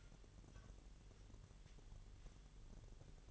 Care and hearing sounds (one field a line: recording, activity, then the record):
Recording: daily activity, microphone in the room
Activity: take from stove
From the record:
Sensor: 4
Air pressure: 989.0 hPa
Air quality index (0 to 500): 208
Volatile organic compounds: 56 ppm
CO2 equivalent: 3371 ppm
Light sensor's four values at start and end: 29/98/36/38 and 29/98/36/38